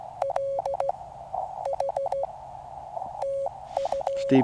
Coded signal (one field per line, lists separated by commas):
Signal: Morse code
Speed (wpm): 16 wpm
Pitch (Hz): 550 Hz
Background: speech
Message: LH TU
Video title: Lightning Delay CW POTA/SOTA | Cheaha Mountain Adventure